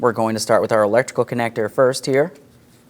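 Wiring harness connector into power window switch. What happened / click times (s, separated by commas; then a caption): Handled, not yet home: no seating click / none. A wiring harness electrical connector is brought to the rear power window switch of a 2003-2007 Cadillac CTS while someone talks, with only faint handling sounds as the speech fades into quiet near the end. Nothing has seated or clicked yet; the clip ends just before the connector goes home.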